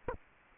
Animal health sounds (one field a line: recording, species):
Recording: mosquito wingbeat signal from an infrared sensor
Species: Aedes aegypti